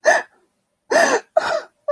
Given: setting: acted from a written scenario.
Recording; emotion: vocal sound without words; sadness